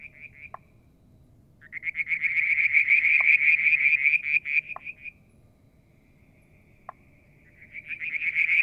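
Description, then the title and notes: Frogs giving bursts of rapid high pulsed trilling separated by quiet gaps, with a few short, lower single knocks. Striped marsh frog, Verreaux's tree frog and an unidentified frog; Mount Wilson, New South Wales, Australia; July 2022; evening, near a water tank. "Frog song, Mount Wilson, New South Wales, Australia in July 2022 – by Alexander Moffatt. Limnodynastes Peronii, Litoria Verreauxii and a mystery frog one evening near the water tank"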